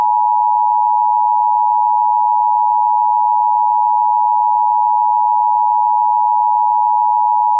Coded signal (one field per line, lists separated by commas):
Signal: Emergency Alert System (SAME) tones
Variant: 853 and 960 Hz attention tone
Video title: EAS Mock: Rickrolled [v3]